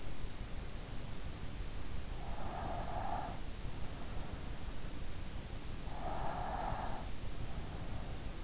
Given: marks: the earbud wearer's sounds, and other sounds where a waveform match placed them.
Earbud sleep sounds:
sounds in sleep by an in-ear microphone; breath
2.14-3.58 s: breath
5.75-7.15 s: breath

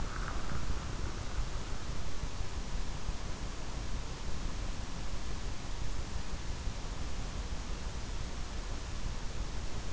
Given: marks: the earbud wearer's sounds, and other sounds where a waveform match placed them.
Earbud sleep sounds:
sounds in sleep by an in-ear microphone; breath
0.00-1.75 s: breath

